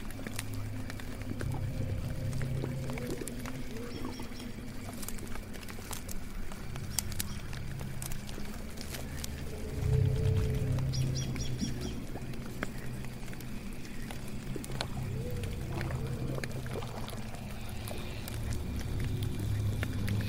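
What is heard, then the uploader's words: A witch's swamp house ambience: a steady low rumble and drone with scattered clicks and creaks, brief tonal calls, and a swell near ten seconds. Witch's swamp house ambience.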